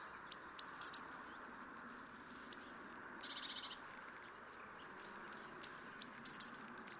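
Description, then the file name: Eurasian blue tit giving sharp, very high descending notes in several bursts, with one brief buzzy churr, over soft hiss. "Cyanistes caeruleus"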